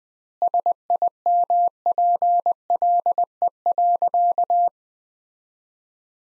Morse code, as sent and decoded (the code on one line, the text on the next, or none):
... .. -- .--. .-.. . .-.-.-
SIMPLE.